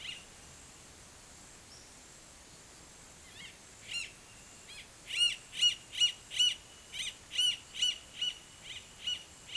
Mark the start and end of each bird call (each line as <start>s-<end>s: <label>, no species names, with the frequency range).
3.25s-9.57s: bird call (1.3-10.2 kHz)